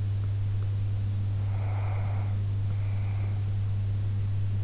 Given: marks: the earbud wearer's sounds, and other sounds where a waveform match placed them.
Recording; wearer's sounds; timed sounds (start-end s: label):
sounds in sleep by an in-ear microphone; breath
1.35-3.40 s: breath